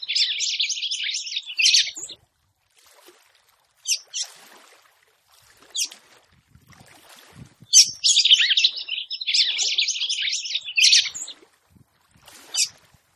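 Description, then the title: Red-cowled cardinal song: two long rapid warbled phrases of buzzy, jumbled high notes, separated by a few isolated chirps and brief pauses. Song of a female, described as fiery and nervous, used to excite and fire up the male. "CANTO DA FÊ MEA GALO CAMPINA FOGOSA LEVANTA FOGOESQUENTA GALO CAMPINA MACHO RAPIDINHO FÊ MEA NERVOSA"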